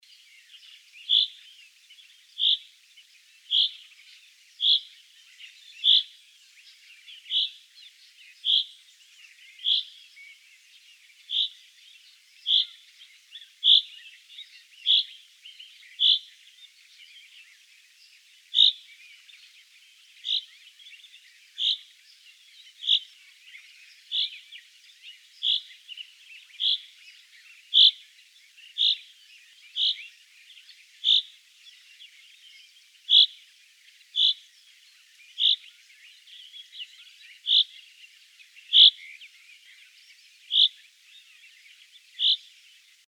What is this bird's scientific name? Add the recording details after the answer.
Fringilla coelebs. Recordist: Frommolt, Karl-Heinz. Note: Männchen: Regenruf/Rülschen